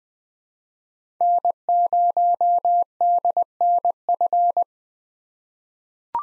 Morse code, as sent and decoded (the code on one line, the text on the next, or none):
-. ----- -.. -. ..-.
N0DNF